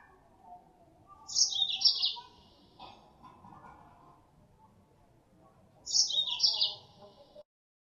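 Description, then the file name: Mozambique canary calls, two bright high chirping phrases a few seconds apart, each a quick descending twitter lasting under a second, with faint background noise. Female Mozambique canary; lure sound used to attract birds. "suara pancingan mozambik betina"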